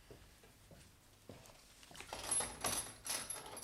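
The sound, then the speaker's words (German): A few soft clicks, then rattling metallic jingles and a sharp scrape as a key is worked in a door lock, with no voices. “tu mir den Gefallen und schließ die Tür ab.”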